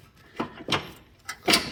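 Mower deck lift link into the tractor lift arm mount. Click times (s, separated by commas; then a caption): 0.7 s. A metal lift link (or pin) of a belly mower deck is pushed into its mount on a subcompact tractor's lift arm, with the hydraulic lift fully lowered so there is no pressure on it. Several short knocks and clacks are heard, and the link snaps into place with a sharp click at 0.7 s, seating properly. No one talks.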